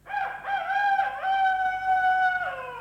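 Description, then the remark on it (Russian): A rooster crows once, a loud, strained cock-a-doodle-doo that rises quickly, wavers, holds a long nasal note for a couple of seconds, then tails off downward. No one speaks. “Старина Петух, погодите минутку.”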